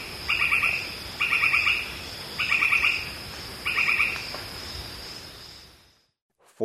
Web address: Natures Songs S America Birds of Ecuador 01 Northern White-crowned Tapaculo